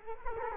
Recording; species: mosquito wingbeat signal from an infrared sensor; Culex quinquefasciatus